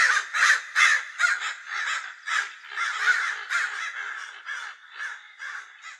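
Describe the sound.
Crow cawing in a steady series of harsh, hoarse notes, about two per second, gradually softening toward the end.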